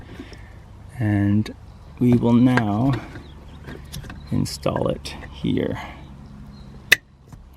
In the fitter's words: all right so just that just clicks in place